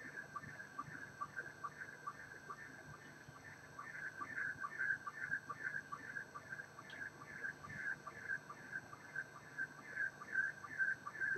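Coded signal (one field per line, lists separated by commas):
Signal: SSTV (slow-scan television)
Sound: steady wavering high tone scanning pitch, with short regular lower blips about twice a second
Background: radio static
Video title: Video audio RX 14.230.00 SSTV USB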